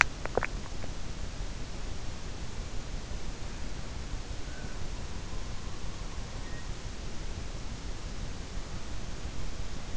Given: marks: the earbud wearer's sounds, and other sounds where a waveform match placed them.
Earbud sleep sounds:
sounds in sleep by an in-ear microphone; swallowing
0.00-1.37 s: swallowing

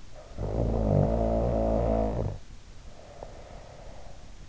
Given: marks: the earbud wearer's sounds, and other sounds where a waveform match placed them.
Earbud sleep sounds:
sounds in sleep by an in-ear microphone; snoring breath
0.02-4.32 s: snoring breath

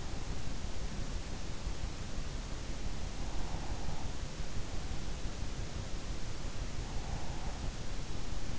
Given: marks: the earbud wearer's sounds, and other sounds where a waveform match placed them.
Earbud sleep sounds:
sounds in sleep by an in-ear microphone; breath
3.21-4.19 s: breath

